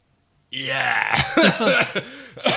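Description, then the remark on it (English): A raspy coughing fit: a run of harsh, throaty bursts, loud and uneven, one after another for about two seconds with gravelly voiced strain between them. “You need a cough button on this thing.”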